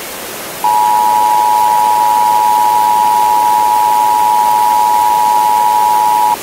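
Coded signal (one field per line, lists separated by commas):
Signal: Emergency Alert System (SAME) tones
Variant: 853 and 960 Hz attention tone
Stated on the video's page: Fictional Emergency Alert System scenario for a hail storm and tornado in New York City.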